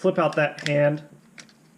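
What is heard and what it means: Someone talks while handling a Transformers Generations Studio Series 86 Grimlock action figure, flipping the plastic hand out on its arm during robot-mode conversion. Two brief, faint clicks and taps of the plastic follow near the end, but the hand has not yet clicked into its locked position in the forearm joint.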